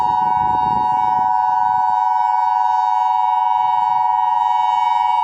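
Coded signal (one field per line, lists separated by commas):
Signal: Emergency Alert System (SAME) tones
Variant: 853 and 960 Hz attention tone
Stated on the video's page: Fictional hypothetical EAS scenario about the world sinking into the oceans.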